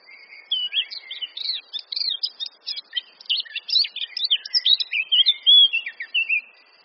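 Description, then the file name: Eurasian blackcap song: a sustained run of fast twittering and chattering notes building in loudness, closing with a few fluty slurred whistles. "Sylvia atricapilla"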